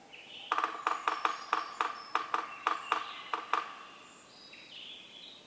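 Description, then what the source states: Yellow-bellied Sapsucker drumming: several sharp knocks in an uneven rhythm over about three seconds, with soft birdsong behind. Community of several drummers on varied substrates, mechanical non-vocal drumming; recorded 6:22–6:50 a.m. from 15 minutes before sunrise (6:37), April 24, 2018, Atlanta, Michigan.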